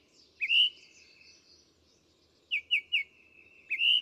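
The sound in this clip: Bird song of clear, high whistled notes: one rising slurred whistle, a pause, then three quick upswept notes and a final drawn-out whistle.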